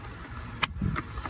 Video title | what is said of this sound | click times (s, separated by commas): A/C Blower Motor Replacement on a 2008 Lincoln MKX 2wheel drive | Alright, heard that snap in place. | 0.6 s